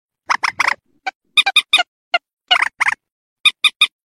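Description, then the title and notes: Rail giving harsh, nasal clipped notes, singly and in short clusters, separated by brief silences. "Kicau Burung Mandar"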